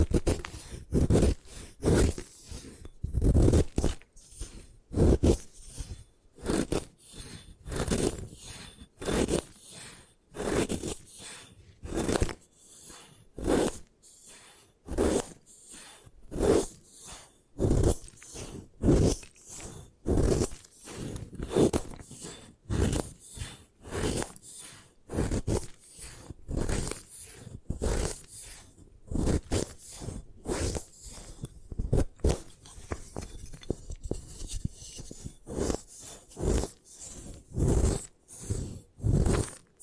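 Gym chalk being destroyed in a long run of crunchy, gritty bursts, about two or three each second. Each crush has a heavy low thud with a crackly, scraping top. The rhythm stays fairly steady, with a brief lull near the fourteen-second mark.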